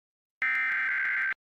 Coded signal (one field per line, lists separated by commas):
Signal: Emergency Alert System (SAME) tones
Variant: header bursts